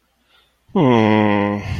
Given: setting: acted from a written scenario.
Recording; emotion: vocal sound without words; embarrassment